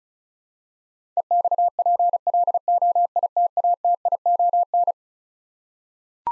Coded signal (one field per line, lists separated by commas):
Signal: Morse code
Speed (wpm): 36 wpm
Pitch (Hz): 700 Hz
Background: none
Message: EXPLOITATION